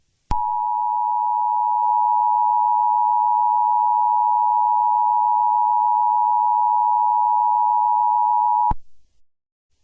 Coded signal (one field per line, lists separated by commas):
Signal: Emergency Alert System (SAME) tones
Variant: 853 and 960 Hz attention tone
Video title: Eas scenario 5 swamp monster